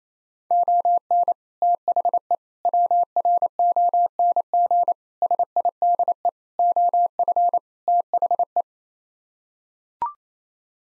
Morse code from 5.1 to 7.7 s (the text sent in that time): SIDE OF